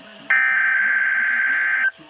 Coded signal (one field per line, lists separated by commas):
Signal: Emergency Alert System (SAME) tones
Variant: header bursts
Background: speech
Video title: Weather Radio EAS #88 (Required Weekly Test)